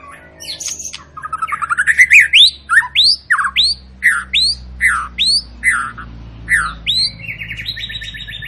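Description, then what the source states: White-rumped shama song: a fast buzzy trill, then a series of loud rising whistled notes, ending in a rattling phrase; low hum beneath. Long continuous lure song of a vigorously singing (gacor) bird, used to prompt other shamas to sing.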